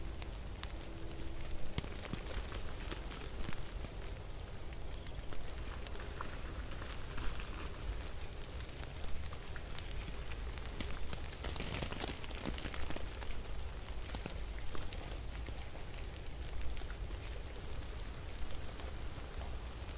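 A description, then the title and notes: Wet snow falls and melts in a steady, dense patter of tiny ticks and drips, crackling almost like light rain on a surface. A low, constant rumble sits underneath, and a brief louder flurry of taps comes around the twelve-second mark. Cozy winter ambience for relaxation. Snow falling and melting.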